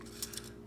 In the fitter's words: Let me get those locked together first.